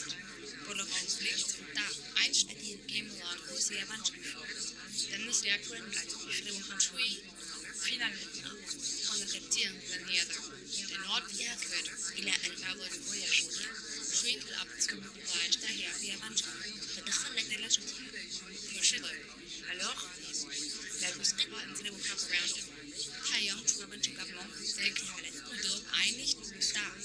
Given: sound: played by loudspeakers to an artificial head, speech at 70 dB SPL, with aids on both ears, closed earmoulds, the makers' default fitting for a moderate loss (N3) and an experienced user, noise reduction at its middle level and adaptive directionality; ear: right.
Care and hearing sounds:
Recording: speech test signal (ISTS) in cocktail-party noise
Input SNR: -6 dB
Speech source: on the right (90 degrees)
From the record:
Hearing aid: class 1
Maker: H

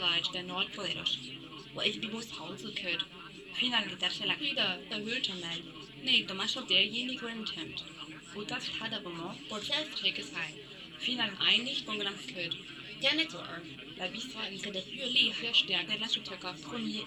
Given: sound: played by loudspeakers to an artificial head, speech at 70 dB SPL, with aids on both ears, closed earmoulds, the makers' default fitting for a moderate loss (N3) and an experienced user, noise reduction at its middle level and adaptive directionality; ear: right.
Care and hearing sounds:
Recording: speech test signal (ISTS) in cocktail-party noise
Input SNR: +3 dB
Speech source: on the right (90 degrees)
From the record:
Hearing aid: class 1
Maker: C

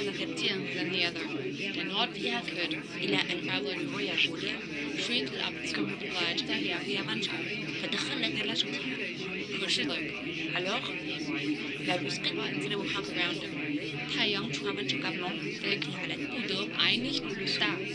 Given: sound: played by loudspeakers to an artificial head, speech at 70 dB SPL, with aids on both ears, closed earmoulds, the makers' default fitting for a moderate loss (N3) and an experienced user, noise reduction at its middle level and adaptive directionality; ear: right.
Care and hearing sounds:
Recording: speech test signal (ISTS) in cocktail-party noise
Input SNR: -6 dB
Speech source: in front (0 degrees)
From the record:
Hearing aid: class 2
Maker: D

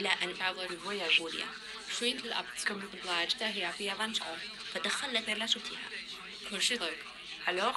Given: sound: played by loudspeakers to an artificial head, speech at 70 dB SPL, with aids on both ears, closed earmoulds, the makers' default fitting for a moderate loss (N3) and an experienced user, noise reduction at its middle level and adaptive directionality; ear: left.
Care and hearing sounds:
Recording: speech test signal (ISTS) in cocktail-party noise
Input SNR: +3 dB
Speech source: in front (0 degrees)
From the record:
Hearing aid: class 1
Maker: E

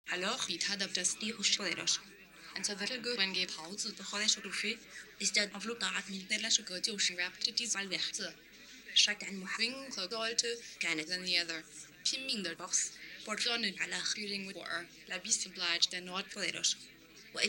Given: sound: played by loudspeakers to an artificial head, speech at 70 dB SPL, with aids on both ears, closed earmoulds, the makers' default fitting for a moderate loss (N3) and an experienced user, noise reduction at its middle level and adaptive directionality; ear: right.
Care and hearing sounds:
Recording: speech test signal (ISTS) in cocktail-party noise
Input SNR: +9 dB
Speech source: on the right (90 degrees)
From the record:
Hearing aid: class 1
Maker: J

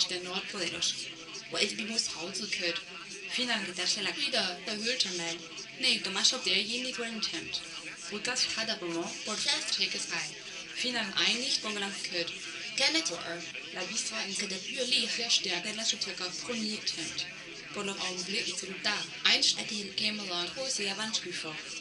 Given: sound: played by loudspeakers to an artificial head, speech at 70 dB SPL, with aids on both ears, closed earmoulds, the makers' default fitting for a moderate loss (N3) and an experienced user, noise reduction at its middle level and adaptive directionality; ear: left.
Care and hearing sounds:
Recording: speech test signal (ISTS) in cocktail-party noise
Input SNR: +9 dB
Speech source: on the right (90 degrees)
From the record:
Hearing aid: class 1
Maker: B

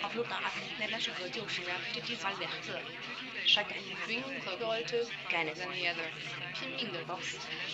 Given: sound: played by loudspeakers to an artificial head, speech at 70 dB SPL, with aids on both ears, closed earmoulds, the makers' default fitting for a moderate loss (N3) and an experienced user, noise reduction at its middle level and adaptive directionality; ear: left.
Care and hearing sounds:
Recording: speech test signal (ISTS) in cocktail-party noise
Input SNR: 0 dB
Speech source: in front (0 degrees)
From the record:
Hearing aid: class 1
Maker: F

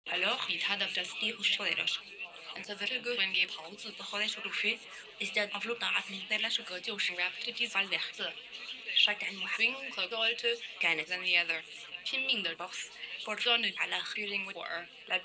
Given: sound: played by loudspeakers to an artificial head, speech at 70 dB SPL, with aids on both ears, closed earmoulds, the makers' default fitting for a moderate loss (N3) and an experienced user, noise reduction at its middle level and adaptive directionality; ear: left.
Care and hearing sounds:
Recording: speech test signal (ISTS) in cocktail-party noise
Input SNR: +9 dB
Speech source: in front (0 degrees)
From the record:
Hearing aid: class 1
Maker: I

